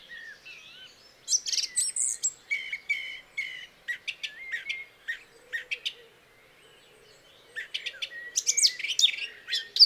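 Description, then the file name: Eurasian blackcap warbling in bursts of sharp chirps and slurred whistles, pausing briefly midway before resuming, over a light background hiss. "Sylvia atricapilla"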